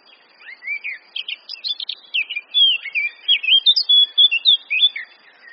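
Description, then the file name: Eurasian blackcap song: a hurried scratchy prelude breaking into loud, mellow flute-like whistles with rising and falling slurs. "Sylvia atricapilla"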